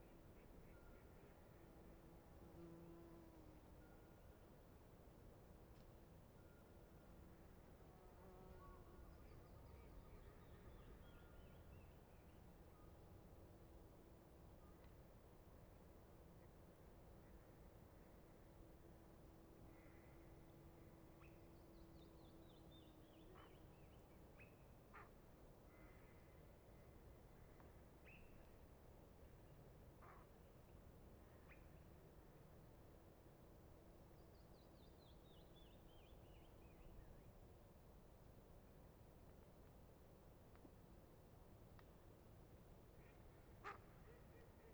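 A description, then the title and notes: Dawn at Bayley's Lake: a steady low rumble under scattered bird calls, with descending chirp runs around 6, 22 and 35 seconds. Little Pend Oreille National Wildlife Refuge, Bayley's Lake at dawn.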